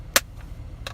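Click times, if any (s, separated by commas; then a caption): 0.2 s. A shop vac hose is fitted into the port of the built-in dry shop vac unit in the cargo area of a GMC Yukon SUV. It snaps into place with a sharp click at 0.2 s, followed by a quieter secondary hit near 0.9 s over a low background rumble. The hose is seated.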